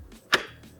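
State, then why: Seated. The folding top section of a Zempire Kitpac Pro Round Bamboo camping table is pushed fully open so a metal clip on the aluminium frame locks onto a small pin to stop it folding up again. A single sharp, bright click is heard at 0.3 s among faint handling sounds. The clip is seated and locked in place.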